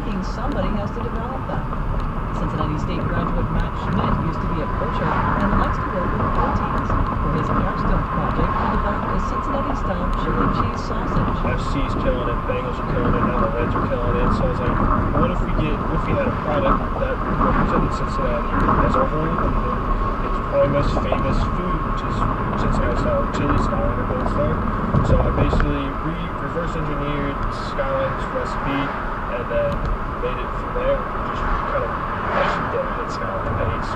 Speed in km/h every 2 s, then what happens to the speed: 47, 53, 56, 58, 58, 60, 60, 60, 61, 61, 61, 61, 61, 58, 60, 61, 61.
0-5 speeds up to 58. 5-34 steady at about 60.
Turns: none.